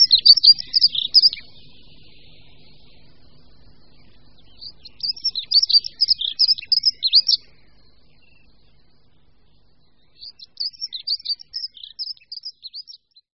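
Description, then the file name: Dunnock giving three short, rapid, high-pitched warbling phrases with pauses between; the final phrase sounds softer. "Pěvuška-modrá"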